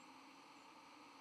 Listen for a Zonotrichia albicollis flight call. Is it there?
yes